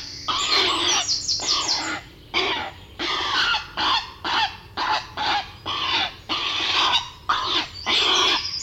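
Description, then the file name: Grey heron rasping calls in a rapid series, about a dozen short, grating squawks following one another throughout, with a low background hum. "Grey Heron (Ardea cinerea)"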